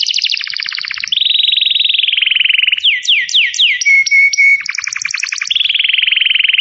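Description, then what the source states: Canary song: rapid double-pitched trills, a rolling tour, a run of downward sweeps and a thin whistle, then fast chattering and another rolling trill. Song used to lure birds.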